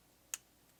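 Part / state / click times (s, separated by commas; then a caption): cap onto lip gloss tube / seated / 0.3 s. A cap is pressed shut onto a lip gloss tube that has a shaped, triangle-like applicator wand. A single sharp, bright click at 0.3 s stands out against a quiet background and fades quickly. The cap clicks into place, so the tube is sealed and won't leak.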